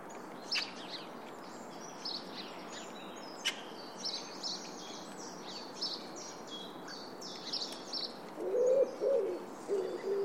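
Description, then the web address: Bird calls: faint high chirps scattered throughout, then brief low cooing notes near the end over background hiss. "Bird Only"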